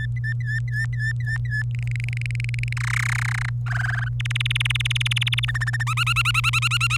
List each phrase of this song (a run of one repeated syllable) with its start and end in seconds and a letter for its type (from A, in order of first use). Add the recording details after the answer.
0.00-1.63 A, 1.71-2.73 B, 2.77-3.49 C, 3.66-4.08 D, 4.20-5.45 E, 5.48-5.83 F, 5.87-6.97 G. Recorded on 26 April 2018 at 18:21. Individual llb3